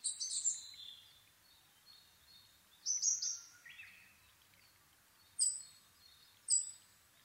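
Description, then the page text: Asian brown flycatcher singing thin, high chattering phrases, one ending in a lower note, then two isolated sharp high squeaks after a pause. Nikko, Japan, 26 April 2011 at 4:39, altitude 730 m; recorded with a Sony PCM-D50 and Panasonic WM-61A microphone. "kosamebitaki 20110426-0439. Muscicapa dauurica [Sounds -Nikko Today-]. 4/ 26 2011, 4:39 alt=730m"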